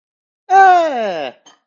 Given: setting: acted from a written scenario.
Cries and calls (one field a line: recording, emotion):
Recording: vocal sound without words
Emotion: positive surprise